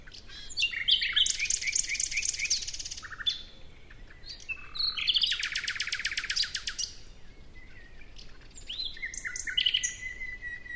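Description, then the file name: Common nightingale song: rapid repeated metallic notes in fast trills and pauses between varied phrases, with a steady low background hiss. "Luscinia megarhynchos"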